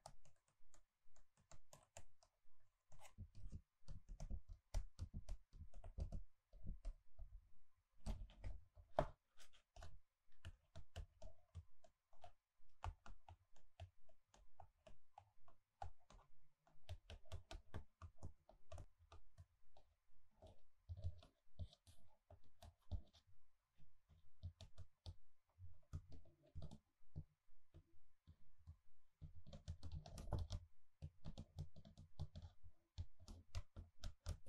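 Gentle tapping runs continuously, a quick stream of small, sharp taps much like typing on a keyboard. The pace stays fairly even, with denser, heavier bursts around 4–7 seconds and again near 30 seconds, each tap carrying a soft low thump.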